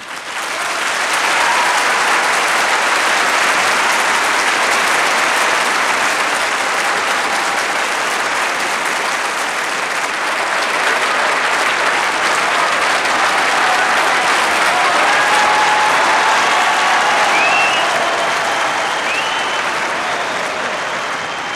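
Loud, sustained applause from a large crowd leading into a song, a dense steady wash of clapping that holds at full strength for about twenty seconds with faint whistles and cheers mixed in.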